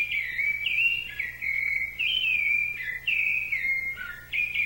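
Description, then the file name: Thrush singing a flowing series of mellow whistled notes, each phrase sliding up or down, barely pausing between them; a low hum runs underneath. "SABIA"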